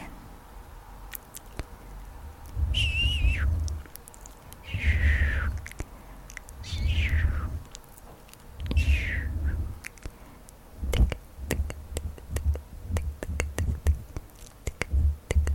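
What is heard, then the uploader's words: Quiet mouth sounds: sharp wet clicks and pops scattered throughout over soft, low breathy rumbles. Four thin, falling squeaks come at roughly 3, 5, 7 and 9 seconds, and after 11 seconds the clicks and low rustling grow denser. ASMR Mouth Sounds and Tracing your Face.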